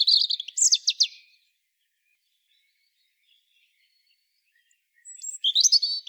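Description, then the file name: European robin singing a short sparkling phrase of high trilled and whistled notes, then a long pause before a second bright, tumbling phrase begins. "Erithacus rubecula"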